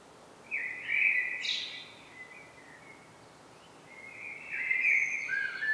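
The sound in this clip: Common blackbird singing two mellow whistled phrases, the first with a sharp high twitter, the second with thin squeaky notes.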